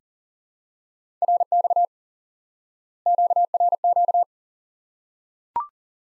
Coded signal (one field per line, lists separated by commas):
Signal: Morse code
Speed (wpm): 40 wpm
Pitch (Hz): 700 Hz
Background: none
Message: RX QRQ